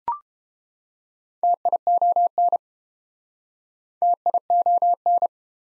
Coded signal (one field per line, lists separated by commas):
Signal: Morse code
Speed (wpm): 32 wpm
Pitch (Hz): 700 Hz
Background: none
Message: TION TION